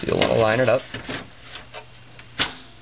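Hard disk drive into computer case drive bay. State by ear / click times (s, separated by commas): seated / 2.4 s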